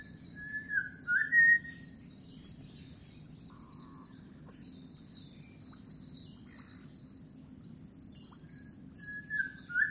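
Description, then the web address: Bird call: a few clear whistled notes near the start, mostly level with small upward inflections, repeated near the end, with a steady low hum and faint high hiss between. Unidentified bird recorded in mangroves. "Sound Effects-Foundation 1 BIRD UNKNOWN MAGROVES"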